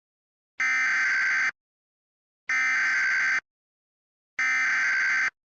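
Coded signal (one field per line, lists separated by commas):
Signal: Emergency Alert System (SAME) tones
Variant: header bursts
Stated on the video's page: Fictional EAS scenario about a meteor, created with macros; a simulated alert, not real.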